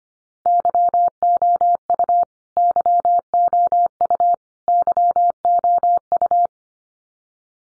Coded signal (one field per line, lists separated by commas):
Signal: Morse code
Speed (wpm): 25 wpm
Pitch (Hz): 700 Hz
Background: none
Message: YOU YOU YOU